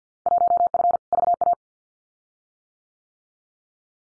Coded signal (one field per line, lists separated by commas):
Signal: Morse code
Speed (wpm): 50 wpm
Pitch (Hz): 700 Hz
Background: none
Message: 1F VA